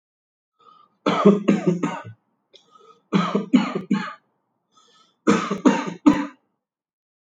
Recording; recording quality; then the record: shallow voluntary cough; excellent, no background noise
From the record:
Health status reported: healthy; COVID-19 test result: not tested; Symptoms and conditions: none ticked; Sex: male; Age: 29 years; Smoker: not ticked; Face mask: not worn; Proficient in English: yes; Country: India